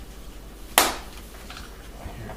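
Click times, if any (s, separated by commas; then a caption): 0.8 s. A rear I/O shield for the back connections is lined up and pressed into the rear opening of a PC case. It snaps into place with one loud, sharp hit at 0.8 s, followed by quieter handling noise, and the shield is seated.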